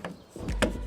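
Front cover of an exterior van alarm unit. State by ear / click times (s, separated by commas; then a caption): not seated / none. The plastic front cover of the second exterior van alarm unit is being handled and pushed back into place by hand. Short plastic knocks and rubbing are heard, with sharp transients near 0.0 s and 0.6 s. Nothing has seated or clicked yet.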